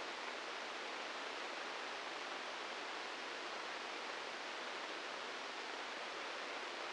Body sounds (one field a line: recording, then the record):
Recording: brain microelectrode recording played as sound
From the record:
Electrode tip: inside the subthalamic nucleus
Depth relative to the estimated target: 1 mm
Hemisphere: right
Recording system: NeuroSet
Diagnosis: Parkinson's disease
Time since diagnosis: 15 years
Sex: female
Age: 59 years